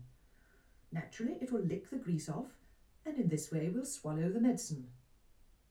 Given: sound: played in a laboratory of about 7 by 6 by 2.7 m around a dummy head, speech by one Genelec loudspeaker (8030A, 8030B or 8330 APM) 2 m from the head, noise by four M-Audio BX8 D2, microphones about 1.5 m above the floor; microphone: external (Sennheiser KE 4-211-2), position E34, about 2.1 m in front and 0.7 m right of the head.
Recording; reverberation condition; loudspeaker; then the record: female speech in English; low; 150 degrees to the left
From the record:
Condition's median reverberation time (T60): about 310 ms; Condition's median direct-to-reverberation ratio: about 3.5 dB